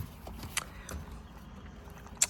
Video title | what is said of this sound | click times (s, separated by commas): My Alfa Romeo Giulia Build - PT.2 | Push down until it clicks. | 2.2 s